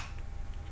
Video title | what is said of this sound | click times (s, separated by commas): Review Intercom Maxto M2 - Beralih dari Sena 50R ke Maxto M2 | sudah terkunci Hai | 0.2 s